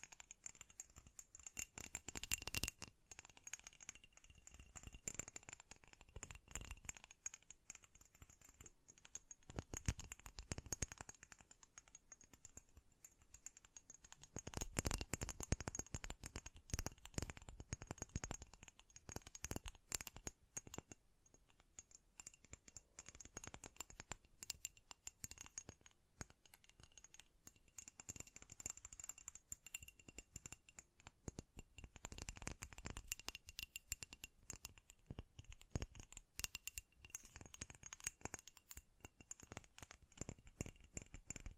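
Dense, rapid tapping with rattly clicks runs throughout, swelling into louder flurries near 2, 10, 15 and 20 seconds, with a faint steady whine.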